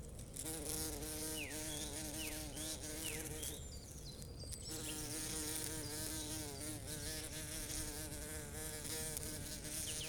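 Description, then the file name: Bumblebee buzzing, a steady low droning hum that varies slightly in pitch and briefly drops away midway. Recorded 25 April 2007. "Bumblebee 2007 04 25"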